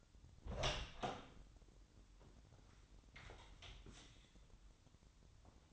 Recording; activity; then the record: daily activity, microphone in the room; open door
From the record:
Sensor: 3